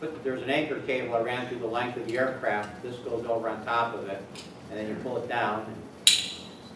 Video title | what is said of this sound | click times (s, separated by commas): Descending From The Clouds Part2 | heard that click it will not unhook | 6.1 s